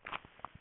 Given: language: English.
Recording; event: throat vibration sensor signal played as sound; swallow